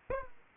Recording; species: mosquito wingbeat signal from an infrared sensor; Aedes aegypti